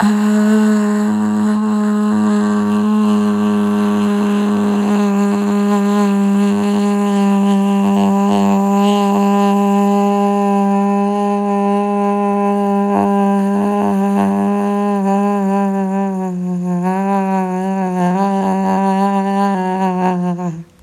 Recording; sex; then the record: sustained vowel /a/; female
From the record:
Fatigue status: no fatigue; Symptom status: asymptomatic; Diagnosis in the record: COVID-19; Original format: m4a